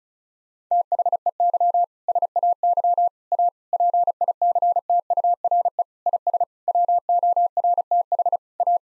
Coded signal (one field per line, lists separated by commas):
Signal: Morse code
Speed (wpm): 36 wpm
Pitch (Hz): 700 Hz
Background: none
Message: THEY SAY A PICTURE IS WORTH A